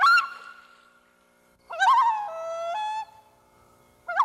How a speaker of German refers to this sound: Der Vogel. Er ist mein Freund. Ich habe einen Freund gefunden. Er ist ein Vogel.